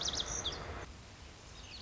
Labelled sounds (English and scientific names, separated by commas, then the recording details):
Lazuli Bunting (Passerina amoena)
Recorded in Sonoma County, California